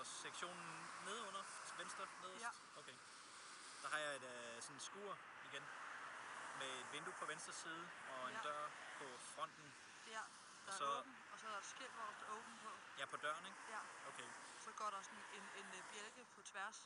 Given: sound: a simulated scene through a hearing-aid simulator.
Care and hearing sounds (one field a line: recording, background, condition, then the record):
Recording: conversation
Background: traffic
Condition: +4 dB SNR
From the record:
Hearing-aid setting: IV (slow-acting compression, loudness normalization)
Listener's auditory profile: A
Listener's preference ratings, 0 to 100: 70, 17, 41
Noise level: 75 dB SPL